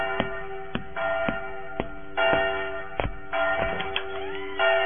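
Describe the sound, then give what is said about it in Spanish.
Church bells toll for a funeral mass in a steady series of strikes about every half second, each clang ringing out and overlapping the next in a dense wash of bright metallic tones. No voices are heard. “Señor, ¿ya escuchó que están doblando las campanas?”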